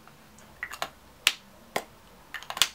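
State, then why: Seated. A black plastic lipstick cap from The Body Shop Matte Lipstick in Rose 430 is closed onto its tube, possibly opened and shut several times. Sharp plastic clicks come through, with clear snaps at 1.3 s and 2.6 s among softer taps. The cap snaps shut cleanly and seats firmly.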